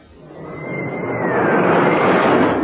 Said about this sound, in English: Right here, harem. Lion's Den. And the roller coaster.